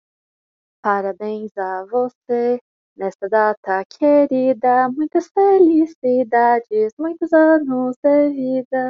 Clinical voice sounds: short text; Brazilian Portuguese; female; 18 to 19 years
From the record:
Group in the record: control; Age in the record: 18 years

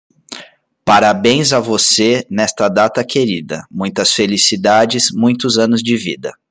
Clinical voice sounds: short text; Brazilian Portuguese; male; 20 to 29 years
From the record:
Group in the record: control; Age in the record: 27 years

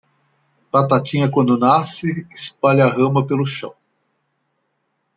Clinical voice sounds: short text; Brazilian Portuguese; female; 60 to 69 years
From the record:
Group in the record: control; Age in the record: 61 years

